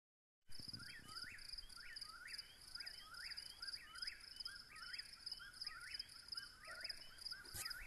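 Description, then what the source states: Eastern whip-poor-will song, quick rising whistled phrases in rapid succession, a second bird overlapping, with a steady high insect trill behind. Several birds recorded at night.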